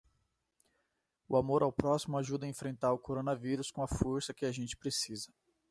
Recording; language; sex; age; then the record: spoken sentence; Brazilian Portuguese; male; 30 to 39 years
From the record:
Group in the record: control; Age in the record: 36 years